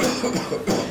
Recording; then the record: coughing mixed with background sound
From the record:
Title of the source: Spring Cold Coughing 3